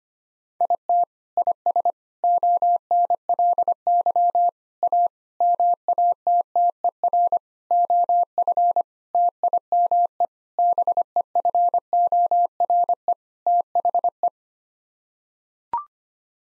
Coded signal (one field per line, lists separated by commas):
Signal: Morse code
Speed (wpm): 25 wpm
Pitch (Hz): 700 Hz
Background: none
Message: IT IS ONLY A MATTER OF TIME BEFORE THE